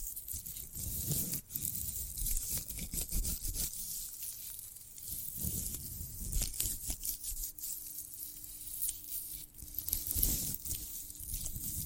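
Crisp tearing and crunching sounds from handling a sprouted coconut, with frequent short scratchy bursts and brighter snaps around the second and tenth seconds. A faint steady low tone hums underneath from about seven seconds to the end.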